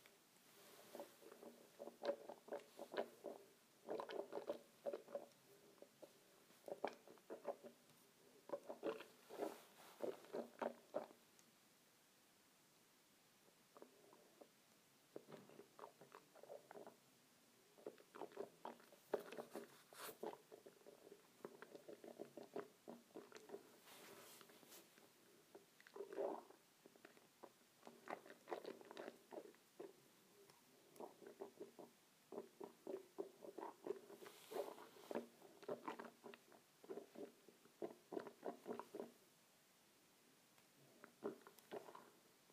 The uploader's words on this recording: ASMR Swishing Water in my Mouth.